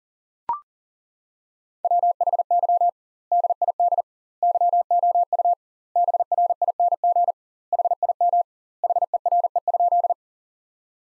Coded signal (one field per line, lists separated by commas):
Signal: Morse code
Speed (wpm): 37 wpm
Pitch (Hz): 700 Hz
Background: none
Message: WHY DID YOU BRING HIM HERE?